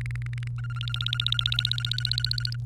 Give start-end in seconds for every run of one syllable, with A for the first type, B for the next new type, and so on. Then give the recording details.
0.01-0.48 A, 0.58-2.56 B. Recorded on 28 April 2018 at 17:58. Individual llb3